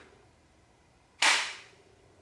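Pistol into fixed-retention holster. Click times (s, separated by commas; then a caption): 1.2 s. A pistol is pushed into a fixed-retention kydex holster and snaps into the retention at 1.2 s. The result is one sharp, loud, bright click against a quiet background, with a short ring that fades over about half a second. The pistol is seated in the holster.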